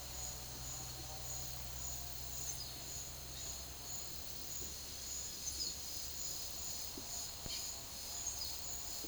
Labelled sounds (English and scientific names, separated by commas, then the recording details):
none
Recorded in secondary vegetation near Puerto Asís, Putumayo, Colombia, on 12 March 2025 at 11:30
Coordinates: 0.489, -76.322
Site G042